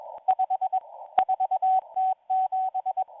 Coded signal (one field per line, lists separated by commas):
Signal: Morse code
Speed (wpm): 21 wpm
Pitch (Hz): 750 Hz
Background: radio noise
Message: 54T7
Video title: M01 Morse Code Numbers 10/12/2022 1500 UTC 5810kHz